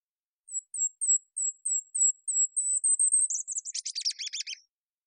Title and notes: Golden-crowned Kinglet, Regulus satrapa, songs, Recorded in the beautiful Pacific Northwest in Washington, Unister States